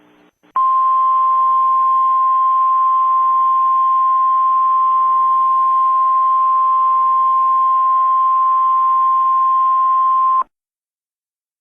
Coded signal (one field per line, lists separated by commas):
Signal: Emergency Alert System (SAME) tones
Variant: 1050 Hz attention tone